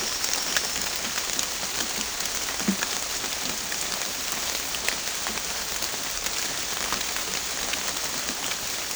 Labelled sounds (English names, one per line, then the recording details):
none
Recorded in secondary vegetation near Puerto Asís, Putumayo, Colombia, on 21 December 2024 at 11:00
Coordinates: 0.484, -76.319
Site GP06